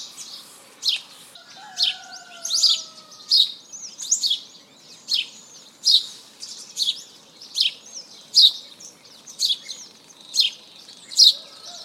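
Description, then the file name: House sparrow chirps, short bright notes repeated in an uneven series. "Passer domesticus"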